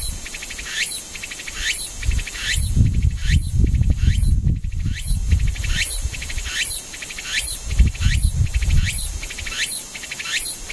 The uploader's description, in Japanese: セミ